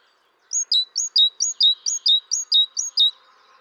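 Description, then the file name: Great tit giving a single strophe of several quick two-note phrases, a high note followed by a lower one, after a short silence. "Parus major"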